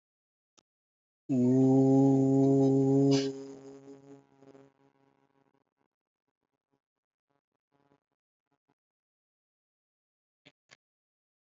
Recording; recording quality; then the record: sustained vowel as in boot; moderate, slight background noise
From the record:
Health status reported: respiratory illness, not identified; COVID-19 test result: negative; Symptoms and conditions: cough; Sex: male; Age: 28 years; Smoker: not ticked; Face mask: not worn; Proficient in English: no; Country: India